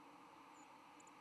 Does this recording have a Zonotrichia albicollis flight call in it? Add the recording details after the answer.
no. Another species' flight call is heard. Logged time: 08:12 on 10 November 2014